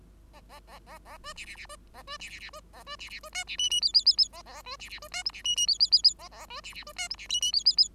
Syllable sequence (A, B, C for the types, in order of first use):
A A A A A B C C C B A B C C C B A B C C B D C E E F F F F A A B C C B D G C E E F F F F A A B C C B D G C E F F F